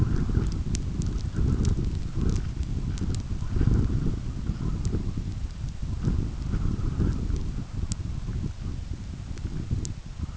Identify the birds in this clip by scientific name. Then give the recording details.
none. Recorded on Arctic tundra, site UTQI-5, on 29 June 2018. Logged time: 16:00